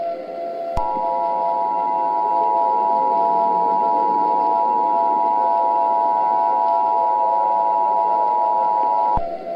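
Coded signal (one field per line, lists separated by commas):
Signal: Emergency Alert System (SAME) tones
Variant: 853 and 960 Hz attention tone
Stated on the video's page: Fictional scenario remake.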